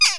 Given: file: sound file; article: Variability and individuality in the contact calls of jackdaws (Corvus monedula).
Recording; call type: jackdaw call; harmonic